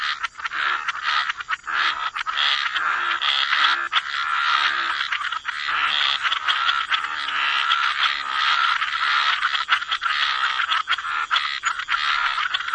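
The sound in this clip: A dense frog chorus of overlapping rasping croaks forms a nearly continuous wall of sound with little pause.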